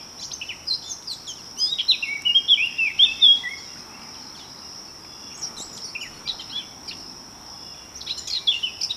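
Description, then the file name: Eurasian blackcap giving a short, rich warbling phrase of quick fluty notes, then scattered quieter notes, with a constant high-pitched insect hum behind. "Sylvia atricapilla"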